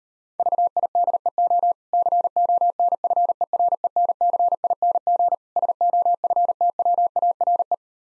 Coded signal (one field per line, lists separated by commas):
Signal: Morse code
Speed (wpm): 39 wpm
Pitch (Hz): 700 Hz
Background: none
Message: VIDEO CONFERENCING SOFTWARE